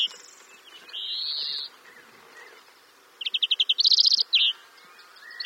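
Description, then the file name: European greenfinch with a drawn-out buzzy wheeze, followed later by a quick, rattling series of chirped notes. "Chloris chloris"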